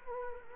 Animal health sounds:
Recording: mosquito wingbeat signal from an infrared sensor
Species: Culex quinquefasciatus

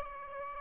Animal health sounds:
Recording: mosquito wingbeat signal from an infrared sensor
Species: Aedes aegypti

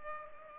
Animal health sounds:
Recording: mosquito wingbeat signal from an infrared sensor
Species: Culex pipiens

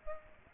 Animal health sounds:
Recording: mosquito wingbeat signal from an infrared sensor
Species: Aedes aegypti

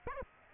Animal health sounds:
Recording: mosquito wingbeat signal from an infrared sensor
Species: Aedes aegypti

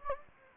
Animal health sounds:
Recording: mosquito wingbeat signal from an infrared sensor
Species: Anopheles gambiae

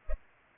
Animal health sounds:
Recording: mosquito wingbeat signal from an infrared sensor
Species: Culex pipiens

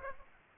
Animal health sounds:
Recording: mosquito wingbeat signal from an infrared sensor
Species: Aedes aegypti

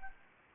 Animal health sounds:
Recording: mosquito wingbeat signal from an infrared sensor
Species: Anopheles arabiensis

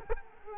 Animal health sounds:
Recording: mosquito wingbeat signal from an infrared sensor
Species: Culex quinquefasciatus

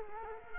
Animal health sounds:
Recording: mosquito wingbeat signal from an infrared sensor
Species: Culex quinquefasciatus

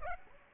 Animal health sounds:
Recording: mosquito wingbeat signal from an infrared sensor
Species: Aedes aegypti

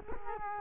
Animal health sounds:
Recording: mosquito wingbeat signal from an infrared sensor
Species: Culex quinquefasciatus

